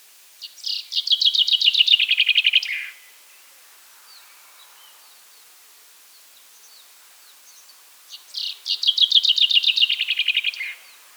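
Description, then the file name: Common chaffinch singing two rattling, descending trilled phrases with a terminal flourish, each about two and a half seconds long, roughly five seconds apart; quiet chirps in the gaps. "Fringilla coelebs"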